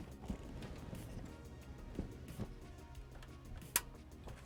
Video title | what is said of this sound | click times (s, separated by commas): Hardware Hacking The Xbox 360 | see i heard it pop back on | 3.8 s